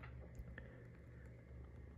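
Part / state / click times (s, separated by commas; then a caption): plastic side buttons into smartphone frame / seated / 0.6 s. The replacement plastic power and volume side buttons of a Xiaomi Redmi Note 8, which at first would not seat, are fitted into the smartphone frame after the phone is flipped over. A single sharp click is heard at 0.6 s over a low steady hum; it may be a test press of the button. The side button clicks into place and is seated.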